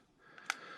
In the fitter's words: push that down into there and you hear that click